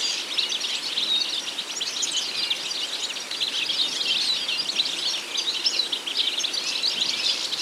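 Goldfinch song: busy, high, jingling twitters and quick trilled phrases pouring out continuously, set against a soft, steady noise floor.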